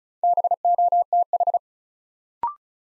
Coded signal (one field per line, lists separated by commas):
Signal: Morse code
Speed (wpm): 36 wpm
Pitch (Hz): 700 Hz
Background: none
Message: BOTH